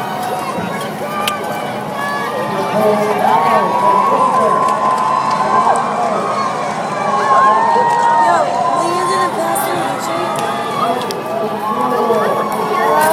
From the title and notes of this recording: Sounds from the Crowd at Boston Marathon Finish Line by chaswagner.